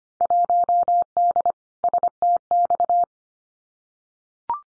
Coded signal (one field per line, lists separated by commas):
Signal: Morse code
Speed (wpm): 25 wpm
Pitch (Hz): 700 Hz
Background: none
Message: 1D STX